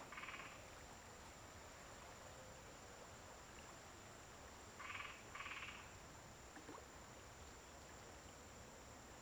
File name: Ambiente em riacho de fazenda com sapos e rodovia perto